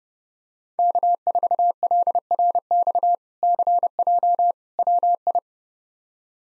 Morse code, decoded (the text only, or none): K4LRX CJ WI